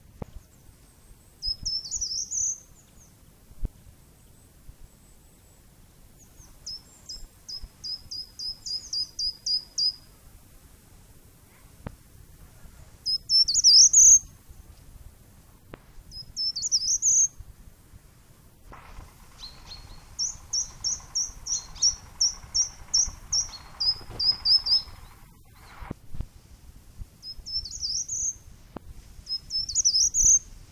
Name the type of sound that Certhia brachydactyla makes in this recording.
song